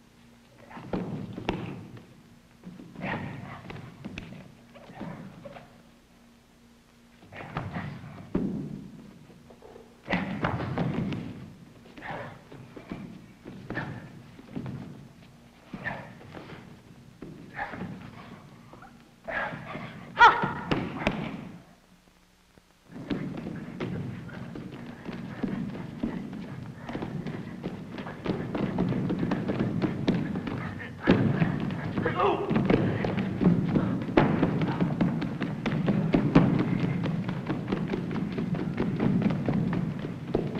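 A group pounds rocks together and slams their feet on the ground in separated bursts, then a dense, continuous rumble of stamping builds after twenty-two seconds.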